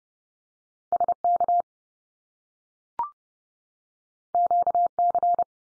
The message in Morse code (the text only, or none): SK QC